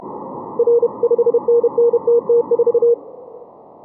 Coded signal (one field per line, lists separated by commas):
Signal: Morse code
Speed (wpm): 31 wpm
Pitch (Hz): 470 Hz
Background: none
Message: R 5NNTT4